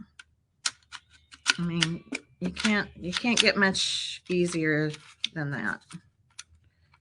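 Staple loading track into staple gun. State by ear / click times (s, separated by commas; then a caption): not seated / none. A staple loading track is being handled in a staple gun after a strip of staples has been dropped into the opened gun. Someone talks through most of the clip, with a few short, sharp clicks and taps near the start and end. Nothing has seated or clicked home yet, and the track has not been pushed back into the gun body.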